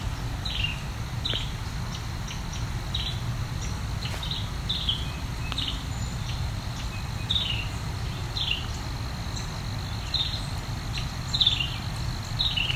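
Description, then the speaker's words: Carolina wren calling with a series of short, downslurred chirps over a steady high hiss and low rumbling background noise. Carolina wren giving a little putter call. "There's a call of Carolina wren here."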